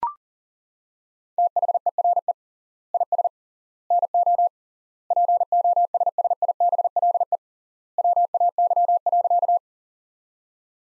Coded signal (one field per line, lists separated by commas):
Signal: Morse code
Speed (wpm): 40 wpm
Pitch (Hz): 700 Hz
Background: none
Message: THERE IS NO POSSIBLE WAY.